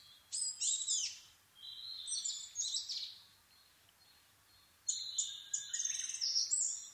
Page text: kosamebitaki 20110426-0439. Muscicapa dauurica [Sounds -Nikko Today-]. 4/ 26 2011, 4:39. alt=730m